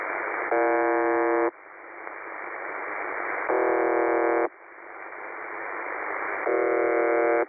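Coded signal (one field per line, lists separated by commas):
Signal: numbers station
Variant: UVB-76 (The Buzzer)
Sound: steady radio hiss with three one-second harsh buzzes, one every three seconds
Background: radio static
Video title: The Buzzer/UVB-76 Voice Message (December 2, 2020 10:59 UTC)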